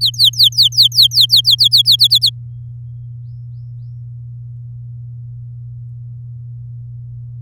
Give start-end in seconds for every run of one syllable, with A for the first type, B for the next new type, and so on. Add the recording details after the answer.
0.01-1.96 A, 1.99-2.30 B. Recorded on 10 May 2018 at 06:15. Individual llb16